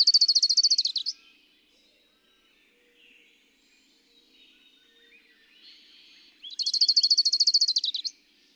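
Bird song: a high, rapid trill of bright repeated notes lasting about a second, then near silence with faint soft notes, then a longer matching trill.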